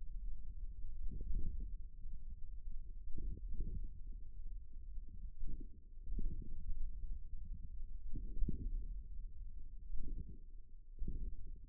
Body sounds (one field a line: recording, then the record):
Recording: forearm muscle sounds (acoustic myography)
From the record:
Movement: thumb flexion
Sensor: system 1, eight BSWA MPA416 microphones around the upper forearm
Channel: 8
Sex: male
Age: 41 years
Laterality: right